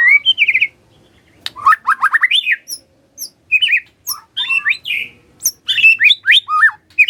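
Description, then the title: White-rumped shama song: bursts of rich whistled and chattering phrases, rising and falling notes with quick twitters, separated by short pauses. White-rumped shama whistling used as a lure to make lazy birds start singing. "PANCINGAN MURAI BATU. SIULAN MURAI BATU❗ PANCINGAN MURAI MALAS AGAR BUNYI❗❗"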